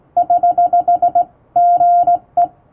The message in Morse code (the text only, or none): <HH>GE